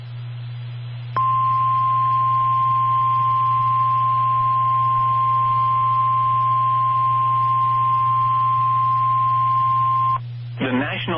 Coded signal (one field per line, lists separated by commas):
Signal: Emergency Alert System (SAME) tones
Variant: 1050 Hz attention tone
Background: speech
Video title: Severe Thunderstorm Warning (CT and MA) (8/13/25) [EAS #262]